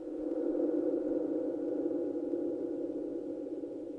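A steady, hollow howl of cold, whirling wind swirling across a construction site drones on for about four seconds at an even, moderate loudness, its mid-pitched tone barely wavering, with no voices.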